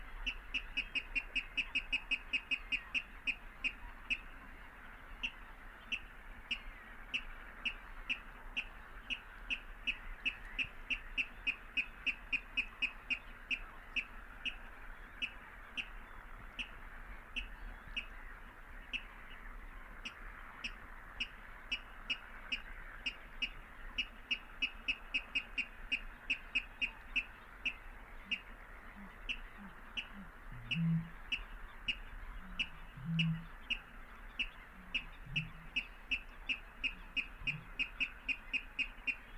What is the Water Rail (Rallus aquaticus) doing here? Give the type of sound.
song